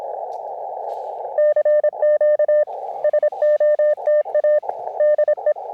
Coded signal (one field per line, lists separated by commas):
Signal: Morse code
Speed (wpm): 26 wpm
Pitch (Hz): 600 Hz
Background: none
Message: CQ SOTA DE